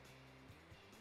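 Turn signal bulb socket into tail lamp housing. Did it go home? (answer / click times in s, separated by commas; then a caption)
no / none. A turn signal bulb socket with its new lamp is inserted into the tail lamp housing and twisted clockwise to lock it. Soft handling sounds play under steady background music. Nothing has seated or clicked yet.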